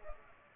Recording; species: mosquito wingbeat signal from an infrared sensor; Culex pipiens